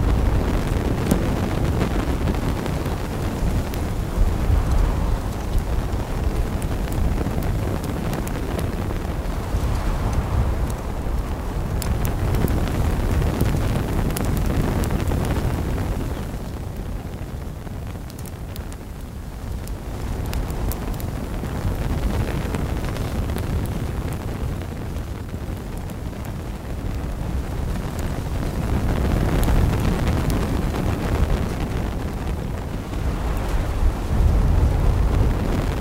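A campfire crackles under a strong wind that rushes and roars across the whole clip, rising and falling in long gusts. The wind eases around the middle, near 17 to 20 seconds, then builds again. Fine crackles and pops sit steadily beneath the low rumble.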